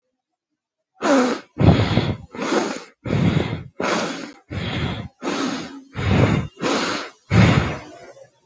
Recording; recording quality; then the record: shallow breathing; excellent, no background noise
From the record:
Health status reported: healthy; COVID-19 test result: not tested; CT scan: not taken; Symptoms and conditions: none ticked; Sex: male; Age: 24 years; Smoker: no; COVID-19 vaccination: one dose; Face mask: not worn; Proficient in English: yes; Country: India